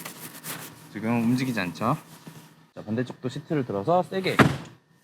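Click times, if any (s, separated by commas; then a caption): none. Someone talks while the folded rear seatback on the other side of a Volvo S60 is lifted to be pushed firmly upright into its body-side catch. A few soft handling thumps sit between the talking. Nothing has seated or clicked yet.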